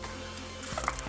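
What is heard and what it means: An ignition stick coil is pushed down with both hands onto the spark plug in a motorcycle cylinder head. A low steady hum runs underneath until sharp pops at 0.9 s and 1.0 s as the rubber boot seats. The coil is confirmed seated.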